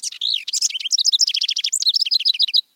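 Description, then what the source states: House Wren song, a rapid bubbling cascade of chattering, buzzy trilled notes tumbling up and down, with no other sounds. Described as a little brown dynamo.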